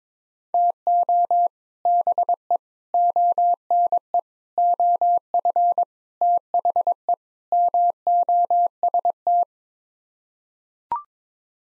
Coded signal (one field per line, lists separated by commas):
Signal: Morse code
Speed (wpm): 22 wpm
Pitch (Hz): 700 Hz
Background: none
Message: TO BE ONE OF THE MOST